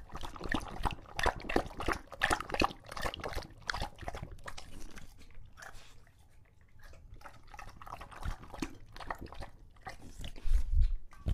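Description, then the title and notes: English Bulldog lapping water noisily, quick repeated wet slaps that ease into quieter sloshing, then return louder toward the end. Male English Bulldog named Lucho, drinking from a water bowl after a long walk, out of breath and breathing heavily between drinks. "English Bulldog Drinks from Water Bowl - Weird Sounds. listen to Lucho the English Bulldog as he tries to drink water after a long walk. Don't let his heavy breathing fool you in between drinks, he's equally out of breath from the walk"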